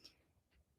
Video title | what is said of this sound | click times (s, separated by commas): Cricut Label Basics: Live Step-by-Step | It should make a clicking sound as well and that means that the pen is fully down in there. | 0.1 s